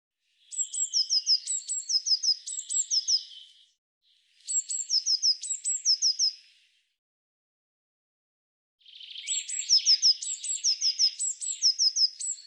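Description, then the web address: Eurasian blue tit uttering high, sharp notes mixed with rapid descending chips, in three bursts. "Deverinetal"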